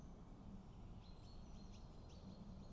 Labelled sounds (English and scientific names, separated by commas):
Common Chaffinch (Fringilla coelebs)